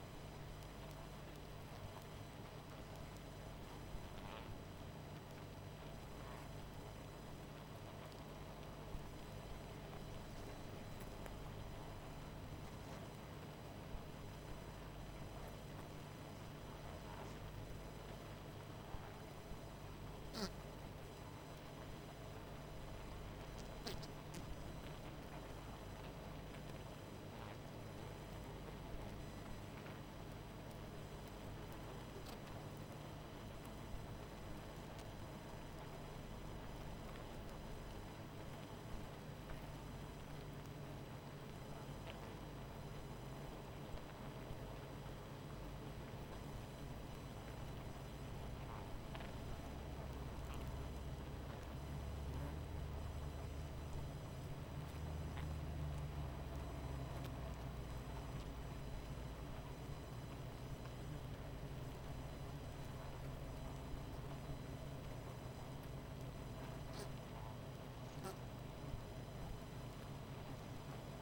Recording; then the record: honeybee colony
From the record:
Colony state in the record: missing queen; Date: 14 July 2017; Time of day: 21:35